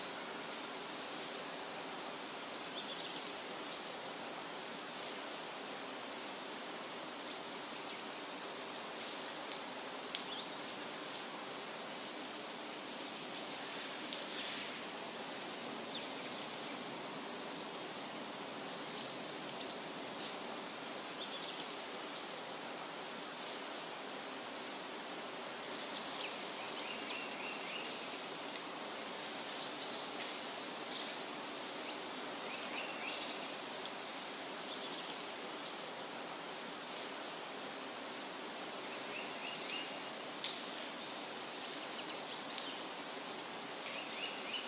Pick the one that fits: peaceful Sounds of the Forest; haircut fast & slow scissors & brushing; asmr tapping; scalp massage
peaceful Sounds of the Forest